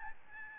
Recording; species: mosquito wingbeat signal from an infrared sensor; Aedes albopictus